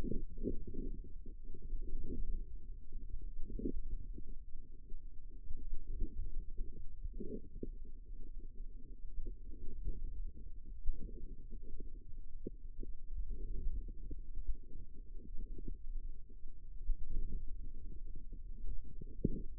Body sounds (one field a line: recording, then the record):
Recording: forearm muscle sounds (acoustic myography)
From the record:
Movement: wrist flexion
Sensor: system 2, bracelet of six BSWA MPA416 microphones around the upper forearm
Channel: 3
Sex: female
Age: 22 years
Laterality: right